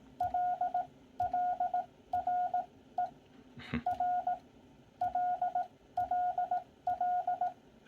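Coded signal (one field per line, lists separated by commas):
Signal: Morse code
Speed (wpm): 18 wpm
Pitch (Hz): 720 Hz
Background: none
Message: LLRE R LLL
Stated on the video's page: Morse sent on an iambic paddle, demonstrating sending technique through the alphabet.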